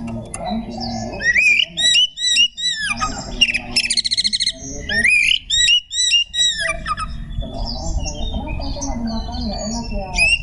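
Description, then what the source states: Magpie-robin song: repeated high looping whistles mixed with dense buzzy rattles, delivered in fast, energetic phrases over a low hum. Song style called tembakan ngekek.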